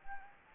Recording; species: mosquito wingbeat signal from an infrared sensor; Anopheles gambiae